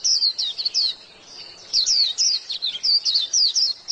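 White-eye delivering brisk high-pitched twittering notes in three short bursts.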